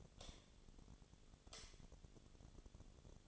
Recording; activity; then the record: daily activity, microphone in the room; light on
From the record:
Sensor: 4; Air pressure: 1010.8 hPa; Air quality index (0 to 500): 170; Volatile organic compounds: 5 ppm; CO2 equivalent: 1730 ppm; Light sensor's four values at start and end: 38/111/44/45 and 39/112/44/45